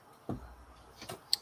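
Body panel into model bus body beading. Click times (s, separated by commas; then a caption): 1.3 s. A builder pushes along the beading of a plastic or metal body panel on a scale model Routemaster bus, and a dull knock at 0.3 s and a softer rustle near 1.1 s come before a sharp, bright click at 1.3 s. The panel seats into the bus body beading with that click.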